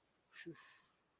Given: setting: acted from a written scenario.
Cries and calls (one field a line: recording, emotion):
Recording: vocal sound without words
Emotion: sadness